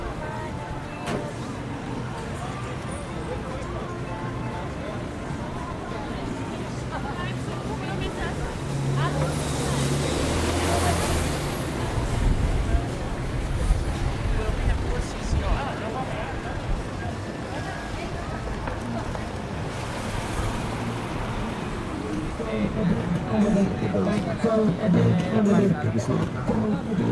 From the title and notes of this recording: Camden Market is a very noisy place. London Soundscape.